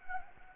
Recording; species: mosquito wingbeat signal from an infrared sensor; Anopheles gambiae